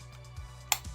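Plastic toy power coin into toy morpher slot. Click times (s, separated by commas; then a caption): 0.7 s. A knockoff plastic toy power coin is pushed into the slot of a toy morpher over a low steady hum. A sharp snap at 0.7 s marks the coin locking in place, and a softer knock follows at about 0.9 s.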